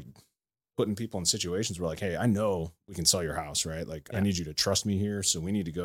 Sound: none